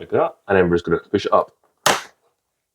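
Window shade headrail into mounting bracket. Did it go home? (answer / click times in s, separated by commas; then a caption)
yes / 1.9 s. A cellular shade headrail is slotted into the front of its mounting bracket and pushed up so the back clips in, while someone talks. A sharp click at 1.9 s marks the headrail seating in the bracket, and the shade is installed.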